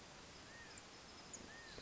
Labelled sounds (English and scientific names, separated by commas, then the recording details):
California Quail (Callipepla californica)
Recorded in Sonoma County, California